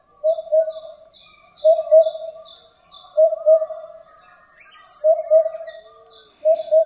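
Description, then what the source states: Oriental cuckoo singing low double hoots in a steady series, a short gap between pairs, while small birds chirp and twitter faintly higher up. Miyake-jima, Tokyo, Japan.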